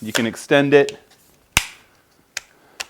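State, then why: Seated. Someone talks while handling a carbon fiber tripod, extending its legs and closing the flip leg locks on the carbon fiber leg sections. Three sharp snap-like clicks are heard at 1.6, 2.4 and 2.8 seconds, the first loudest, as the leg locks click shut and seat.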